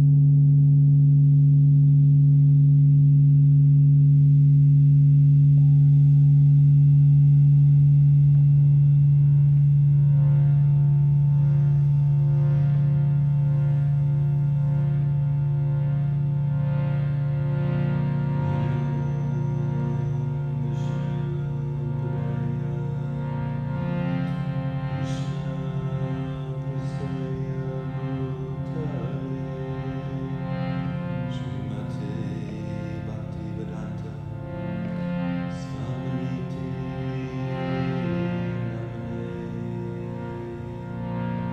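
A singing bowl hums with a strong, steady low tone that holds for the first fifteen seconds, then slowly fades. Layered ringing tones take over, joined by scattered bright, bell-like strikes from about twenty seconds on. The overall level stays fairly even throughout.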